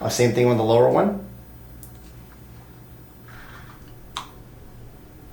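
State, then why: Seated. Someone talks for the first second, then the lower tray of a dental mandibular advancement appliance is pushed over the patient's lower teeth in a quiet room. After a faint tick at 1.8 s, a sharp snap at 4.2 s marks the tray seating in place.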